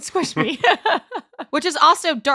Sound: chuckle